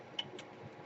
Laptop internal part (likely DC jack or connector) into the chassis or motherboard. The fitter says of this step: make sure it snaps in place really nice